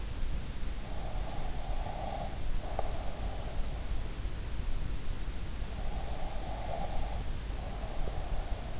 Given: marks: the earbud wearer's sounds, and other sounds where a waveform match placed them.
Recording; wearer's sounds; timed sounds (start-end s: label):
sounds in sleep by an in-ear microphone; breath
0.87-2.98 s: breath
5.91-8.80 s: breath